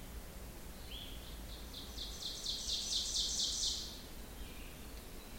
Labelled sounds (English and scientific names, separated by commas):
Ovenbird (Seiurus aurocapilla) song